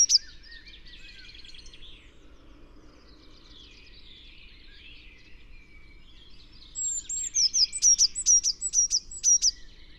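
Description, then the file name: Eurasian blue tit calls: soft buzzy chatter early on, then a clear run of high, thin, sharp notes near the end. "Cyanistes caeruleus"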